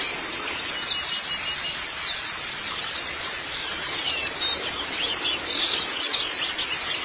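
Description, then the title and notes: White-eye song, a rapid stream of shrill, squeaky, downslurred notes, about three or four a second, blending into a constant hiss. "Kicauan Burung Pleci Durasi Panjang. Suara kicauan burung pleci"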